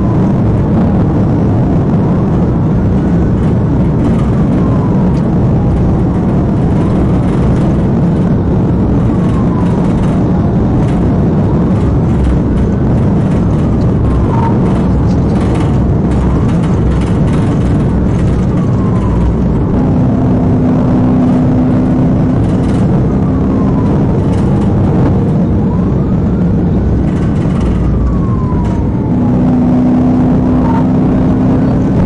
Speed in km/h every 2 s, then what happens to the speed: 169, 167, 169, 172, 171, 171, 171, 172, 171, 159, 167, 175, 175, 156, 163, 163.
0-15 steady at about 171. 15-18 brakes to 159. 18-24 speeds up to 175. 24-26 brakes to 156. 26-32 steady at about 163.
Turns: none.